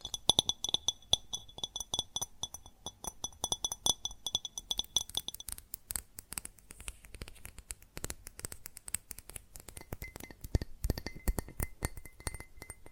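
Rapid tapping on glass and ceramic objects, a dense run of sharp clinks with bright ringing tones through the first five seconds. After that the taps become drier and more scattered, with a few louder strikes and a brief high ring near ten seconds.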